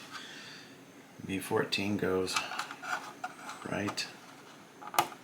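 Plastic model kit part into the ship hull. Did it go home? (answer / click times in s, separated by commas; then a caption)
yes / 5.0 s. Someone talks while part B14 of a 1/350 Trumpeter USS Lexington CV-2 plastic ship model kit is pressed into its spot on the hull. A sharp, satisfying snap at 5.0 s shows the part seating firmly in place.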